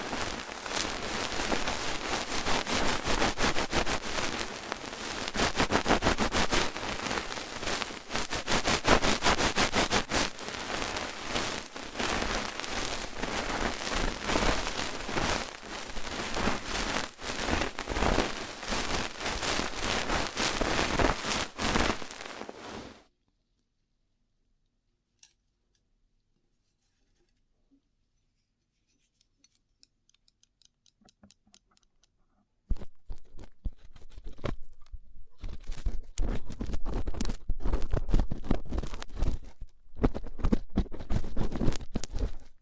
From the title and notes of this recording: ASMR Rough Ear Cleaning (No Talking).